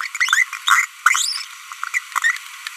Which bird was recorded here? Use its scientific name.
Forpus passerinus